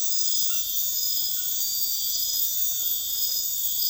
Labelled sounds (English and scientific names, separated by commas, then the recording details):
none
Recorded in dense forest near Puerto Asís, Putumayo, Colombia, on 19 February 2024 at 03:00
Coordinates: 0.496, -76.326
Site G6383